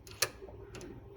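The metal BNC connector of an oscilloscope probe is pushed onto the oscilloscope's input jack and turned clockwise, and its bayonet latch gives one sharp, bright click at 0.2 s among a few fainter ticks near 0.1 s and 0.8 s. The connector is seated and locked, now quite sturdy.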